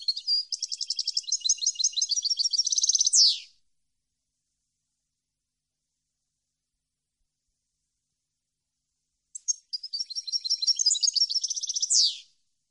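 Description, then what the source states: European goldfinch song: two long, rapid, liquid twittering strophes of about three seconds each, each ending in a falling note, separated by a long silence. Clean goldfinch song, meant for birds to copy in song training.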